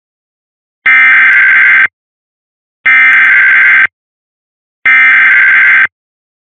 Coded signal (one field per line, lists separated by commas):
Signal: Emergency Alert System (SAME) tones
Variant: header bursts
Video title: 2 TORs for Salem, NJ and New Castle, DE [EAS #1,325-1,326]